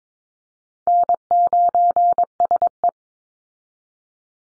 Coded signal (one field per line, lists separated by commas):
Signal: Morse code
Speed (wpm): 22 wpm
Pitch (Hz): 700 Hz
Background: none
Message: N9SE